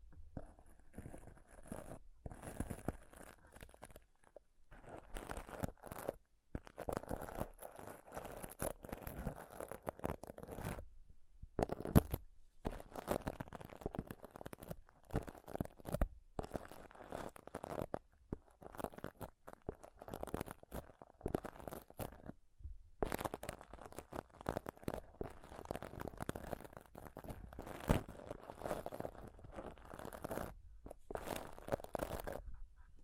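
Intense scratching and touching on a close-up mic, a dense, crackly, crunching rub that comes in rapid bursts. The rough sound stops for brief silent breaks, around 5, 11, 12 and 22 seconds, then resumes, with occasional sharper louder scrapes and soft low thumps.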